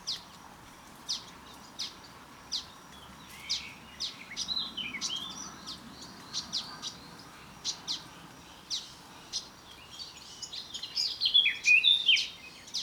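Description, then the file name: Eurasian blackcap giving sharp, dry tick notes repeated at irregular intervals, ending in a short, hurried warbled burst. "Sylvia atricapilla"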